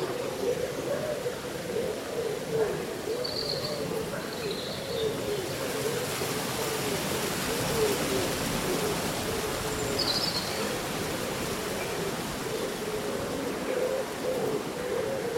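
Rustling leaves and birdsong on a cool summer day. A steady, dense hiss of foliage fills the whole stretch, with a low hooting tone running underneath throughout. Brief high chirps appear around three to five seconds and again near ten seconds.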